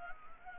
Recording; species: mosquito wingbeat signal from an infrared sensor; Anopheles gambiae